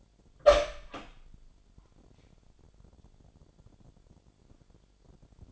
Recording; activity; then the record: daily activity, microphone in the room; open door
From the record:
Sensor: 5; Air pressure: 1007.4 hPa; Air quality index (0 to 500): 162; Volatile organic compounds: 4 ppm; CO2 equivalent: 1550 ppm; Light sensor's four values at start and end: 58/163/63/64 and 57/161/63/63